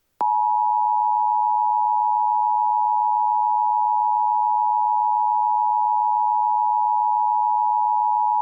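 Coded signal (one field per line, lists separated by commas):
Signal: Emergency Alert System (SAME) tones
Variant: 853 and 960 Hz attention tone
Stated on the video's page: A fictional EAS scenario with valid EAS tones.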